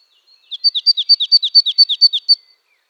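Marsh tit giving a single fast run of many sharp, high, down-slurred notes lasting roughly two seconds.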